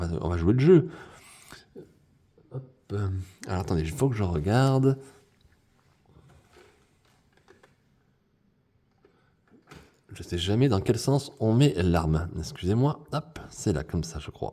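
Someone talks while turning a figure's small plastic toy weapon over, unsure which way it goes into the action figure's hand before pushing it in. Faint, short handling taps sound during a quiet stretch between about 5 and 10 seconds, with talking before and after. The weapon has not yet seated or clicked into the hand.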